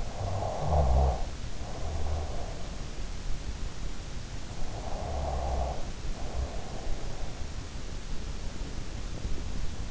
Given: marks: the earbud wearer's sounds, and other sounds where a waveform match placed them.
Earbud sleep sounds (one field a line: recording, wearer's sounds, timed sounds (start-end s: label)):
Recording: sounds in sleep by an in-ear microphone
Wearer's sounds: snoring breath, body movement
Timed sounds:
0.00-2.55 s: snoring breath
1.23-7.15 s: body movement
5.53-8.30 s: snoring breath